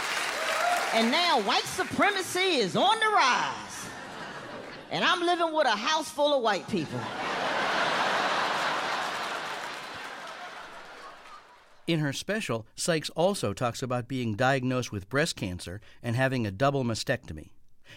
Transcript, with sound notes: And now white supremacy is on the rise.
(LAUGHTER)
And I'm living with a house full of white people.
(LAUGHTER)
In her special, Sykes also talks about being diagnosed with breast cancer and having a double mastectomy